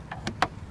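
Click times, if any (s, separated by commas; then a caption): 0.4 s. On a 2008 Ford Focus MK2, the second plastic headlamp release tab, behind the screw in the car's front panel, is pushed down. A softer tick comes first, then a sharp click at 0.4 s as the tab releases so the headlamp can be pulled out.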